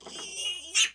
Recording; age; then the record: pig call; piglet (1 to 25 days)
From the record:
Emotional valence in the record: negative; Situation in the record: castration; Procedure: castration, shear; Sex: male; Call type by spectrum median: high-frequency call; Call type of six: mixed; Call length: 0.95 s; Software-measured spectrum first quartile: 2878 Hz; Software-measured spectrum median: 4176 Hz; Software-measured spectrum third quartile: 6797 Hz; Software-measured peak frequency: 2825 Hz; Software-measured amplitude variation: 150 dB a second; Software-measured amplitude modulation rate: 16.3 a second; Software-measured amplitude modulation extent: 9.2 dB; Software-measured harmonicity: 7.1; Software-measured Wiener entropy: -2.44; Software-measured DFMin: 813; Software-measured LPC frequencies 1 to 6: 2842, 3580, 5481, 6222, 6530, 7430 Hz